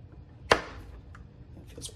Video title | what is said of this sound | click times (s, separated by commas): Viparspectra Reef Light Lens Comparison | so if all goes well these should just snap right into place it feels pretty | 0.5 s